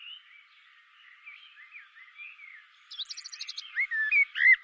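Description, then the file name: Common blackbird song: faint warbling notes, then a louder phrase of high squeaky twitters followed by fluty slurred whistles. "Turdus merula"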